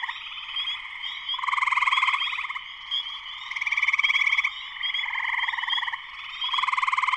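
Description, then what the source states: Spring peepers in dense chorus, high shrill peeps layered over pulsing trills that swell and fade repeatedly, with no other sounds standing out. Full chorus shortly after sunset, Sleeping Bear Dunes National Lakeshore, northern Michigan, USA.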